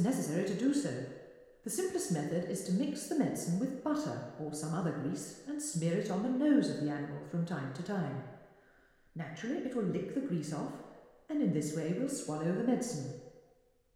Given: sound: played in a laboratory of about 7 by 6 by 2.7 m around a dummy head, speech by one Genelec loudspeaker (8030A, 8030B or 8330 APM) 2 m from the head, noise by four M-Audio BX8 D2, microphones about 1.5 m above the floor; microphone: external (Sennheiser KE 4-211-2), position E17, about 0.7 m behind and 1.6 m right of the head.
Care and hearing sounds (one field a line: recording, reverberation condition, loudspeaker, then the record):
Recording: female speech in English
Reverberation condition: high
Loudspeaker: 90 degrees to the right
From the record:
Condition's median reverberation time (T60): about 1300 ms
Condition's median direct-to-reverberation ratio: about -4.0 dB